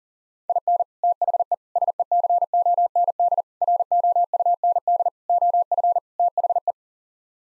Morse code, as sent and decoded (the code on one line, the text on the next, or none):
.. -. / - .... . / ... . -.-. --- -. -.. / .-. --- ..- -. -.. / --- ..-. / - .... .
IN THE SECOND ROUND OF THE